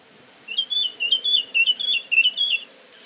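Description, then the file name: Eurasian blackcap giving a fast warble of several looping high notes over a quiet low rumble. "Sylvia atricapilla"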